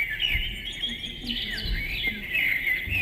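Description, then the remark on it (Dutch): Recorded birdsong plays from a birdie box, a birdhouse with a sensor that sets the birds whistling when someone walks past: continuous high, twittering chirps and trills at steady loudness, with faint low thumps underneath and no talking. “Dat is een vogelhuisje met een sensor. Als je daar langs loopt, dan gaan de vogeltjes fluiten.”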